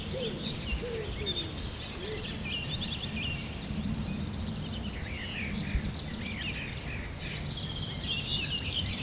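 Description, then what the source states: Birds in a busy chorus of high chirps and whistles, with lower warbled notes early on and steady background noise. Birds recorded at sunrise, morning.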